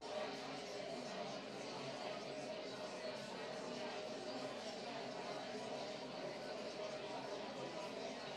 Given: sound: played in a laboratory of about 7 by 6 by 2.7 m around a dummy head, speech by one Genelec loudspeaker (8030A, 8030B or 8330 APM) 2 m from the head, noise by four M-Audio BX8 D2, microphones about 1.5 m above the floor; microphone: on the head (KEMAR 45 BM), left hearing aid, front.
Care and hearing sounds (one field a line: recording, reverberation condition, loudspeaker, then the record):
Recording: babble noise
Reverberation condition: medium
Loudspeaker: four, about 170 cm from the corners of the room and facing them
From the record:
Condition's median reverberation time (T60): about 510 ms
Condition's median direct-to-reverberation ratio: about -0.5 dB